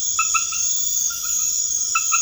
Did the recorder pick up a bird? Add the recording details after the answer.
no. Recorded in pastures near Puerto Asís, Putumayo, Colombia, on 21 March 2025 at 22:30. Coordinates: 0.502, -76.324. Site GP07